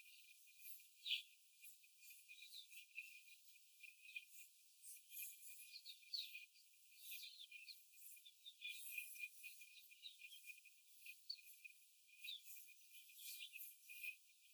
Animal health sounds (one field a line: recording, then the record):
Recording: young laying hens in a cage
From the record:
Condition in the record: after the stressor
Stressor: simulated dog barking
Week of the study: 4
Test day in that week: 1